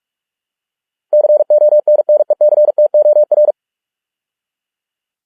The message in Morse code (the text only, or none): CONNECTOR